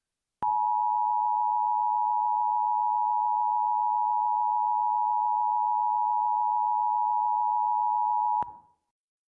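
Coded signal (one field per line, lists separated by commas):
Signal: Emergency Alert System (SAME) tones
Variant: 853 and 960 Hz attention tone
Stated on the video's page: Fictional EAS mini story, a simulated alert.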